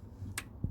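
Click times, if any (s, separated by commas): 0.4 s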